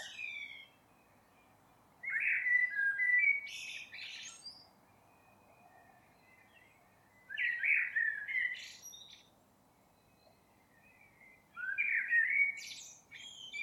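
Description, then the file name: Eurasian blackbird singing separate phrases several seconds apart, each a mellow, fluty warble ending in high, scratchy twitters. "Turdus merula"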